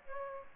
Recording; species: mosquito wingbeat signal from an infrared sensor; Aedes aegypti